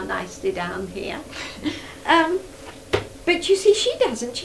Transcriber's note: laughs